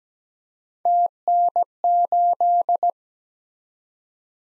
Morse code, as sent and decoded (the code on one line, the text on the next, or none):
- -. ---..
TN8